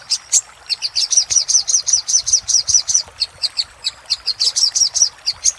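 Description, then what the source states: Little spiderhunter pouring out rapid high chip notes in a steady rattling stream, briefly pausing midway before resuming. Master recording used for training cage birds.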